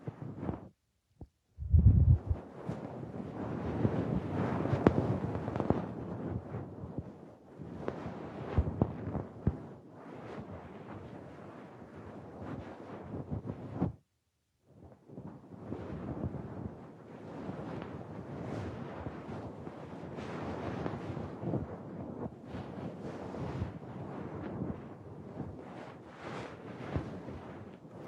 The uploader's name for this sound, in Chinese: 温柔吹气+鹅毛棒掏耳